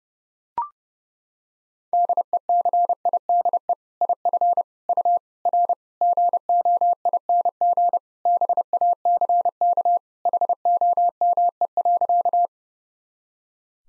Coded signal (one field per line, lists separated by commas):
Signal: Morse code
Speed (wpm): 32 wpm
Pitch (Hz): 700 Hz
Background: none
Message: DECIDE IF U R GOING BACK HOME.